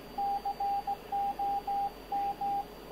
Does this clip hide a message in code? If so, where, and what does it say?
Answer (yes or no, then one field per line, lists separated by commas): yes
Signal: Morse code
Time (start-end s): 0.2-2.6 s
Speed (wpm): 16 wpm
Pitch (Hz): 800 Hz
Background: radio noise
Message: COM